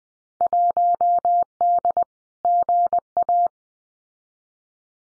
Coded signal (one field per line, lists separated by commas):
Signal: Morse code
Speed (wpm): 20 wpm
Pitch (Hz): 700 Hz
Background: none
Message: 1D GA